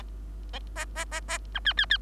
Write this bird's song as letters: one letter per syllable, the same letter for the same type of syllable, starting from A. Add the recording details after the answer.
A A A A B C C C. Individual Bird3